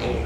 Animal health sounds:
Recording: contact call of a hoofed animal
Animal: pig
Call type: closed-mouth grunt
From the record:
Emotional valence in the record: positive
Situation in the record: food and toys in familiar pen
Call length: 0.25 s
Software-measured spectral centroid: 1770 Hz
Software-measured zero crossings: 1320 a second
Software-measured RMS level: -25 dBFS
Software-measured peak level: -14 dBFS

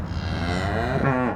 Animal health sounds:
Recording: contact call of a hoofed animal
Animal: cattle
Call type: low-frequency (closed-mouth) or high-frequency (open-mouth) call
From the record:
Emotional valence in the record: negative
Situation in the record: full separation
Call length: 1.36 s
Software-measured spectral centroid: 1530 Hz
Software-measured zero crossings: 1290 a second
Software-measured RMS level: -24 dBFS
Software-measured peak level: -6 dBFS

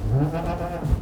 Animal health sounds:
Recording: contact call of a hoofed animal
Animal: goat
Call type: low-frequency (closed-mouth) or high-frequency (open-mouth) call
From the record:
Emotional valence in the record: positive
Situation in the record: food anticipation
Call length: 1.02 s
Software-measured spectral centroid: 1560 Hz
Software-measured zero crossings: 830 a second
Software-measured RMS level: -24 dBFS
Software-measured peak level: -10 dBFS

